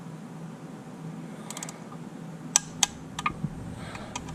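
The third of five oil filter housing screws on a Jeep 3.6L engine is tightened into the engine valley with a torque wrench, over a steady low hum. The wrench gives sharp clicks at 2.6 s and 2.8 s as it reaches its setting, followed by a few quieter ticks. The screw is confirmed torqued.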